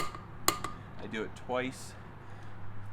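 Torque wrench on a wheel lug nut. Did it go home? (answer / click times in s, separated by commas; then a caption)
yes / 0.5 s. A torque wrench with a socket tightens a wheel lug nut, with the wheel lowered onto the ground, until the wrench clicks at its set torque. A sharp metallic click comes at 0.5 s, followed by a quieter tick at 0.6 s, and then someone talks. The wrench clicks at its setting, confirming the lug nut is torqued.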